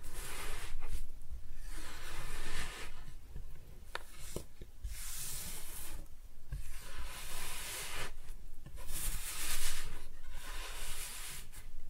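Kinetic sand being cut and scooped, with soft gritty hissing swishes in repeated strokes every second or two, plus faint clicks and low thumps.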